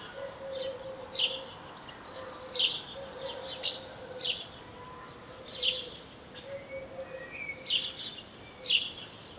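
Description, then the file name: House sparrow chirping, loud clipped notes roughly every one to two seconds with softer twitters between, and a low droning hum. "Passer domesticus"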